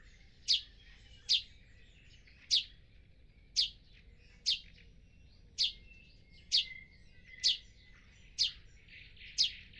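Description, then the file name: Eurasian Tree Sparrow calls: a steady string of short, high chirps, about one per second, ten in total. "Eurasian Tree Sparrow Passer montanus"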